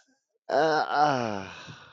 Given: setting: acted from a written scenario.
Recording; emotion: vocal sound without words; ecstasy